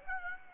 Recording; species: mosquito wingbeat signal from an infrared sensor; Aedes aegypti